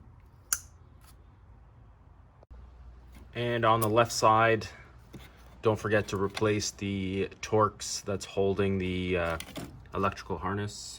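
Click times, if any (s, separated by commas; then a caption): 0.5 s. A wiring harness connector is pushed back onto an ignition coil on the engine of a Porsche Cayenne 958 V8 4.8L and seats with a sharp, loud click at 0.5 s. A faint tick follows at 2.4 s, then someone talks.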